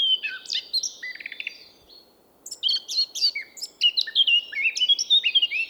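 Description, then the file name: Eurasian blackcap warbling: a varied phrase of slurred notes, a short pause, then a second, longer run of rapid rising and falling whistled notes. "Sylvia atricapilla"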